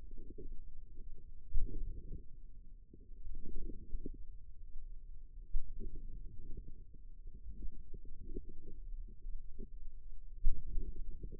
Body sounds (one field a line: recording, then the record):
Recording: forearm muscle sounds (acoustic myography)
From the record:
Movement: outward rotation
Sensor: system 2, bracelet of six BSWA MPA416 microphones around the upper forearm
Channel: 3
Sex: female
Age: 22 years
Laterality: right